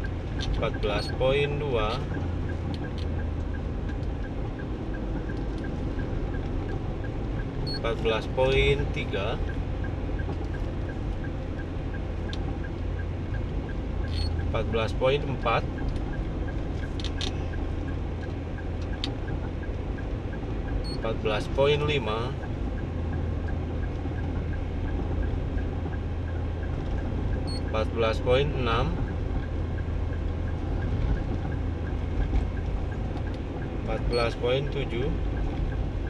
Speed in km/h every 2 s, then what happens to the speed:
55, 55, 55, 55, 54, 54, 55, 55, 55, 55, 54, 54, 55, 55, 55, 55, 55, 55.
0-36 steady at about 55.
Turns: none.